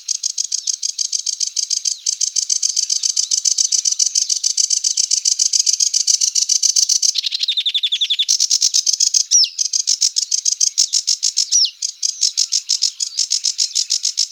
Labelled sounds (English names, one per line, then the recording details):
Sedge Warbler song
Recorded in the wild
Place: Nagyivan / Hortobagy Nationalpark, HU
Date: 1990-05-23
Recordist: Schwarz, Dieter
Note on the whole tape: Song